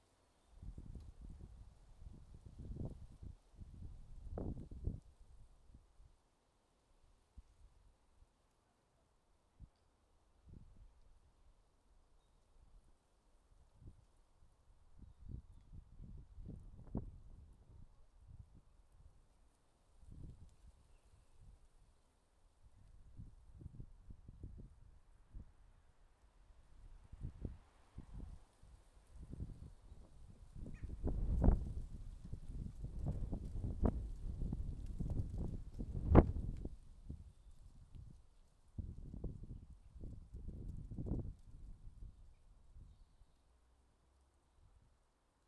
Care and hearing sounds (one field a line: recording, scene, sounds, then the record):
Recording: everyday scene through a hearing-aid microphone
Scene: wind on the microphone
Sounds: wind, traffic, voices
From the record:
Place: suburban garden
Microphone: in the ear canal, left